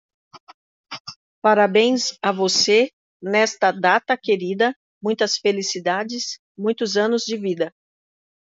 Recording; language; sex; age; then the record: short text; Brazilian Portuguese; female; 40 to 49 years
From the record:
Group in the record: control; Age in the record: 47 years